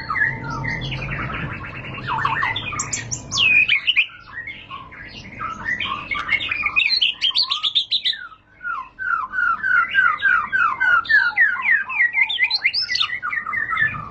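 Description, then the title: White-rumped shama song: a busy stream of varied whistled phrases, quick slurs and chattering notes, some high and piercing. High-class song used as a lure (pancingan) and as tutor material (masteran) for training caged birds. "Pancingan Murai Batu Berkelas Banyak Di Cari Buat Masteran"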